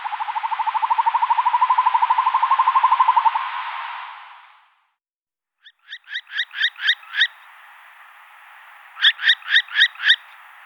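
Northern hawk-owl delivering a long rapid pulsing trill for over three seconds, then after a pause, two quick runs of shrill, rasping screech notes.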